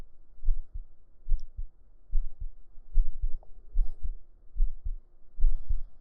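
Steady paired lub-dub thumps of a normal adult heartbeat at about 73 beats a minute, heard with the ear laid on the chest under a shirt, with faint fabric rustle.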